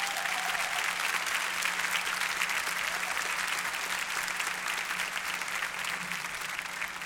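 audience applause

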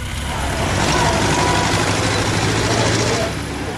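car engine running

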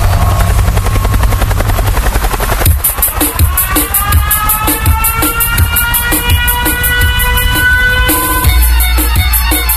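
helicopter sound effect

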